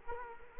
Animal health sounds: mosquito wingbeat signal from an infrared sensor; Culex quinquefasciatus

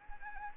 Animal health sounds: mosquito wingbeat signal from an infrared sensor; Anopheles arabiensis

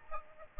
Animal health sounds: mosquito wingbeat signal from an infrared sensor; Aedes aegypti

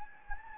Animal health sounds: mosquito wingbeat signal from an infrared sensor; Anopheles gambiae

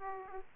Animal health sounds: mosquito wingbeat signal from an infrared sensor; Aedes aegypti

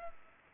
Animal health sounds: mosquito wingbeat signal from an infrared sensor; Aedes albopictus

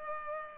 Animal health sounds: mosquito wingbeat signal from an infrared sensor; Culex pipiens

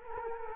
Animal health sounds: mosquito wingbeat signal from an infrared sensor; Culex quinquefasciatus

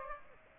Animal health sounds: mosquito wingbeat signal from an infrared sensor; Aedes aegypti

